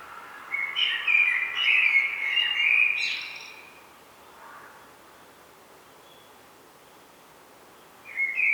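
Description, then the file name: Common blackbird song: a warbled, fluty phrase of about two and a half seconds, then a long quiet gap before a new phrase begins at the end. "Turdus merula"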